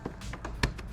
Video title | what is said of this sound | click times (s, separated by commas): 3 new mods added to the f3..you need to get these! | a little half click like that you pull it out and then this come off and then you access it but | 0.6 s